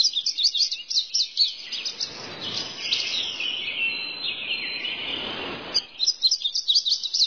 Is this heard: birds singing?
yes